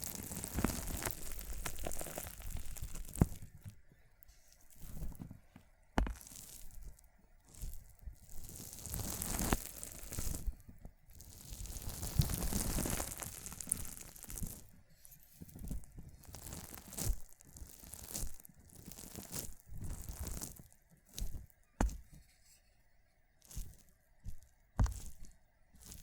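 Water beads being crushed and squeezed, with bursts of wet crunching and crackling that come and go throughout. The squishing is irregular and dense at times, with short sharp pops, brief quiet gaps, and a faint steady hum in the pauses.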